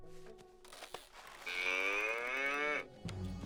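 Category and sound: animal, cow mooing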